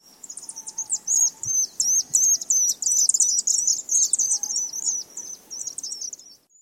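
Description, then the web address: Vaux's swift giving a high, rapid chippering twitter, thin buzzy chips running together in bursts for about six seconds. "Thumbs Plus Zoo Field Guide"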